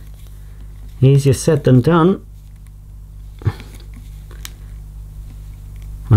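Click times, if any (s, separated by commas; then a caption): none. Someone talks while trying to push a plastic part of a Vileda Junior toy vacuum cleaner by Theo Klein into its slot, followed by a few faint plastic knocks and taps, the sharpest near 4.5 s. The part fails to go in and nothing has clicked into place yet, so the attempt is given up for now.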